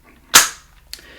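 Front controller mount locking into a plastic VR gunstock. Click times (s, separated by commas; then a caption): 0.4 s, 0.9 s. The front controller mount of a UFVR Uni T VR gunstock is brought up into the plastic gunstock and locks into place. A loud, sharp plastic click sounds at 0.4 s, followed by a smaller, brighter click at 0.9 s. The mount is seated and locked in.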